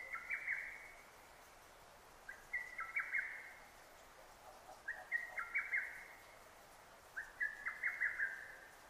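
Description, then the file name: Lesser cuckoo song: four short bursts of sharp notes, repeated about every two and a half seconds against steady hiss. Recorded 6 June 2009; Japanese name hototogisu. "hototogisu-20090606"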